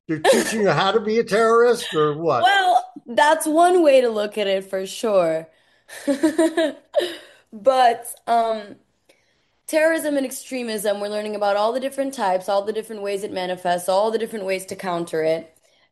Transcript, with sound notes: they're teaching you how to be a terrorist or what?
(laughs) Well, that's one way to look at it, for sure. (laughs) But, um, terrorism and extremism, we're learning about all the different types, all the different ways it manifests, all the different ways to counter it,